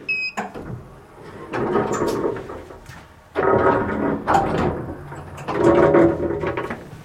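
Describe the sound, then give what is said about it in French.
Airlock doors slide open and shut while a person waits, keeping still, between the two doors: a few long, rumbling mechanical swells, each a steady grinding whoosh that rises and fades, with a brief clack at the start and no talking. “Et entre les deux portes, pas trop bouger.”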